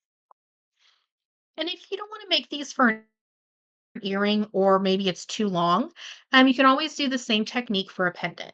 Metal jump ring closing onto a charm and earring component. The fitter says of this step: and give it a close and you should hear a little click when your jump ring is closed